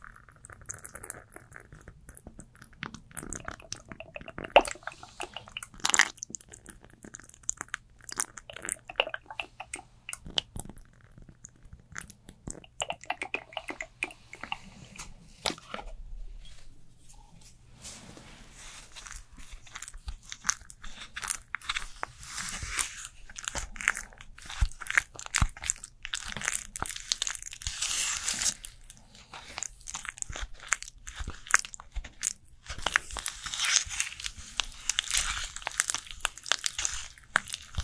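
Korean skincare routine sounds: crisp crackles, taps and crunchy clicks come in quick, irregular bursts throughout. From about the eighteenth second, brighter rubbing and hissing textures thicken the mix, while a low steady hum runs underneath the whole time.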